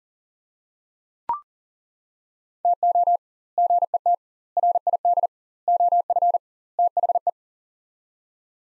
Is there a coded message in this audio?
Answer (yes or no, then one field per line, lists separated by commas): yes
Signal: Morse code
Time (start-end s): 2.6-7.3 s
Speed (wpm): 37 wpm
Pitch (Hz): 700 Hz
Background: none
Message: TO GET RID OF THE